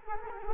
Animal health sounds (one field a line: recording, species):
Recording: mosquito wingbeat signal from an infrared sensor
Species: Culex quinquefasciatus